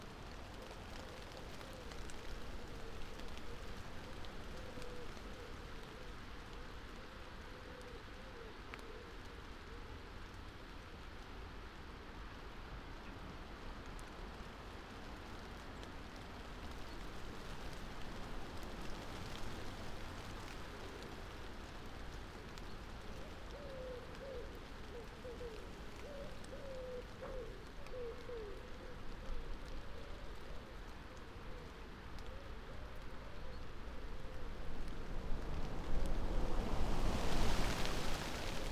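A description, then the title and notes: Steady rain-speckled air over open Northumbrian landscape, a low rumble under faint wavering tones, building into a loud gust near the end. A wide open landscape, resting, between gusts of rain-speckled Northumbrian air. Trees that transcribe the invisibly moving air into varying blends of white noise. This is another section from the mics we left out and alone for 14 hours last summer in the hills above Wooler in Northumberland.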